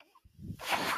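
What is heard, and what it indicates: A soft low thump, then a rising airy whoosh: a mechanical ventilator delivering a breath.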